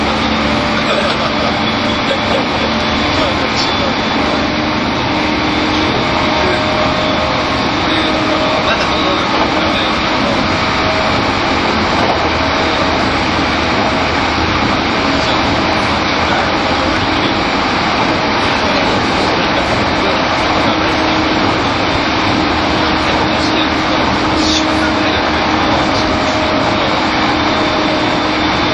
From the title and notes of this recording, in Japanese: E231系 湘南新宿ライン特別快速01 大宮～大船。浦和駅と武蔵小杉駅が未開業時の最速運転時代だった、E231系特別快速を収録したものです。走行音。